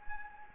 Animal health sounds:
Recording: mosquito wingbeat signal from an infrared sensor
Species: Anopheles gambiae

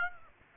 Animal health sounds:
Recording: mosquito wingbeat signal from an infrared sensor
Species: Aedes aegypti

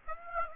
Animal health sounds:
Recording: mosquito wingbeat signal from an infrared sensor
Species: Aedes aegypti

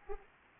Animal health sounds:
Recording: mosquito wingbeat signal from an infrared sensor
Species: Anopheles arabiensis

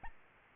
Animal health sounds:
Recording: mosquito wingbeat signal from an infrared sensor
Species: Aedes albopictus

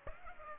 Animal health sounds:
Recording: mosquito wingbeat signal from an infrared sensor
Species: Aedes aegypti

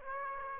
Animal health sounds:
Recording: mosquito wingbeat signal from an infrared sensor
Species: Aedes aegypti

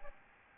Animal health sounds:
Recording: mosquito wingbeat signal from an infrared sensor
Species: Aedes albopictus

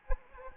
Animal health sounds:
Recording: mosquito wingbeat signal from an infrared sensor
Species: Anopheles gambiae

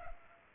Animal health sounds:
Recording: mosquito wingbeat signal from an infrared sensor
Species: Culex pipiens

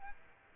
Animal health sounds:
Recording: mosquito wingbeat signal from an infrared sensor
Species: Aedes aegypti

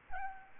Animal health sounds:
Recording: mosquito wingbeat signal from an infrared sensor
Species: Aedes albopictus

